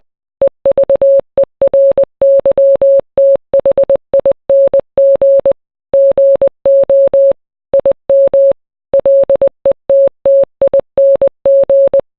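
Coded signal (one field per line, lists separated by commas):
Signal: Morse code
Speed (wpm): 20 wpm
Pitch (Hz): 550 Hz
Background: none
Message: EVERYTHING GO IM LETTING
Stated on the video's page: Kanye West's song Power rendered as Morse code.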